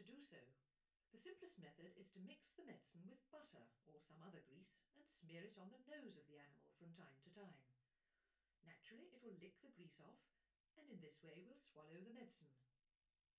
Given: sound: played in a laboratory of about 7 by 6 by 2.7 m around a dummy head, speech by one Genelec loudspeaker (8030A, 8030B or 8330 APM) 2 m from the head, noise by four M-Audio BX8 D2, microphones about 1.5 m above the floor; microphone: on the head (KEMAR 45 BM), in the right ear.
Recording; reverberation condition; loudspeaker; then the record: female speech in English; low; 120 degrees to the left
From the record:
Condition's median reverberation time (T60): about 310 ms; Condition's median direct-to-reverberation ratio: about 3.5 dB